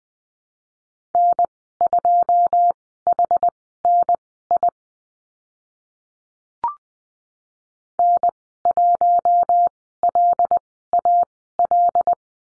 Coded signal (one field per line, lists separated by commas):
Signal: Morse code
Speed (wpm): 20 wpm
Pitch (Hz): 700 Hz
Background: none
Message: N2HNI N1LAL